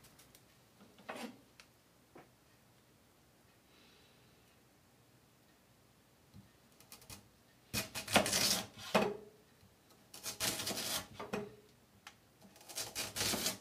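A knife is sharpened: after a mostly quiet start with a soft scrape near one second, rough, bright rasping strokes begin around seven seconds. They come in irregular bunches, loudest near eight to nine and ten to eleven seconds, with a last set near the end.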